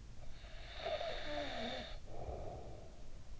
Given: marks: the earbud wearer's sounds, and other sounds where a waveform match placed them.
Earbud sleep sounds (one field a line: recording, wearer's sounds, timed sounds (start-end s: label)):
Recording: sounds in sleep by an in-ear microphone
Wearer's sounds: snoring breath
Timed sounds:
0.25-3.28 s: snoring breath